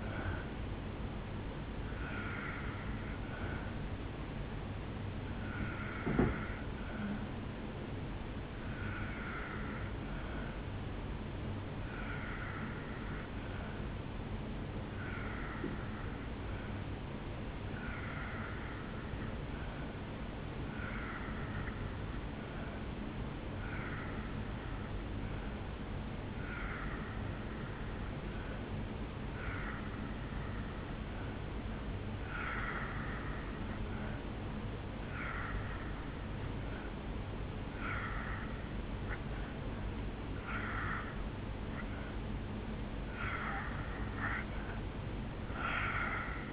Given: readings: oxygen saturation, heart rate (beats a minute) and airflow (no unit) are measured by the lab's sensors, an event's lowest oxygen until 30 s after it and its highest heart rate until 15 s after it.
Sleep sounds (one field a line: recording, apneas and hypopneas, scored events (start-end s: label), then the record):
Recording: breathing in sleep by a voice recorder at the bedside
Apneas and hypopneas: 1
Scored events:
16.00-36.10 s: obstructive apnea (N3, oxygen 93% highest, then 83% lowest, heart rate 61 at the start, 70 highest)
From the record:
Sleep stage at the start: N3 (deep sleep)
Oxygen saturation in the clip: 82 to 93%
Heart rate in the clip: 56 to 70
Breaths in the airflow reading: 7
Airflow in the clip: -2.4 to 2.7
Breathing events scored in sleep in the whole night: 449 in 7.0 hours asleep